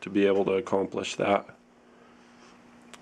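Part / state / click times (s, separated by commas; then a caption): toy helicopter rotor blade into rotor hub / seated / 2.9 s. Someone talks for about the first 1.5 seconds, then a quiet stretch follows as plastic rotor blades on a toy helicopter, spaced apart and rotated into position, are pushed back down onto the stepped rotor hub. A short sharp click at 2.9 s marks the blades locking into place.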